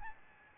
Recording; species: mosquito wingbeat signal from an infrared sensor; Aedes albopictus